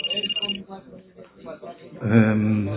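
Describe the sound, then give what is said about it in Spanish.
The bosses' office telephone rings with a short burst of rapid, high-pitched trilling, then stops as someone starts talking, and a louder voice follows. “En efecto, el teléfono de los jefazos sonó.”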